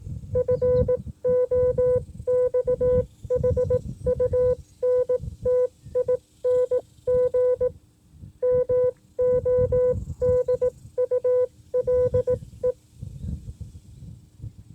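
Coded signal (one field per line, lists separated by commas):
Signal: Morse code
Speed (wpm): 18 wpm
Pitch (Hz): 500 Hz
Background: music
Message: FOXHUNTING MODULE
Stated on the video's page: Foxhunting transmitter: Morse audio file made with an online generator, played from an MP3 player into a Baofeng UV-5R with a Nagoya NA-771 antenna.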